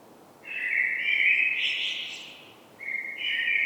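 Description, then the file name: Common blackbird song: a mellow whistled warble that rises and thickens into a brief squeaky flourish, then a new fluted phrase begins. "Turdus merula"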